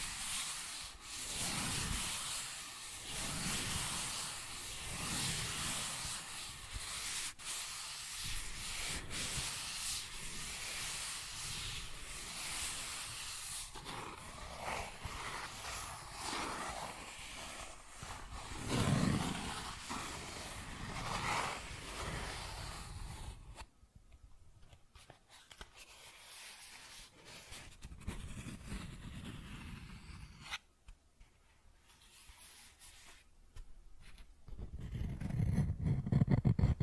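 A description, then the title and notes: Cardboard is scratched and rubbed in a steady, dense run of rough strokes for the first twenty-odd seconds, with a sharper burst near 19 seconds. After about 23 seconds the sound thins into quieter, sparser scraping with brief pauses, then grows louder again at the end. Cardboard Scratching, Tracing, Tearing.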